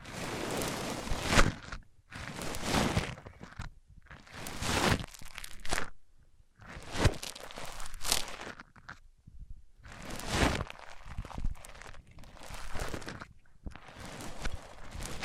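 Microphones rubbed against surfaces make bursts of scratchy, crunching friction noise, each lasting a second or two, separated by brief silences.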